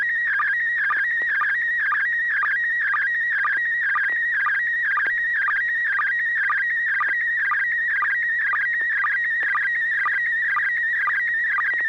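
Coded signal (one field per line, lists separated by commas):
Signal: SSTV (slow-scan television)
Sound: steady warbling whistle shifting pitch, with short low chirps about twice a second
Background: low steady hum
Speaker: we'll go ahead and roll with bob and six pg q go right ahead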